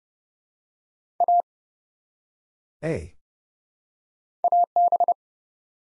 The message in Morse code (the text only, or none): A AB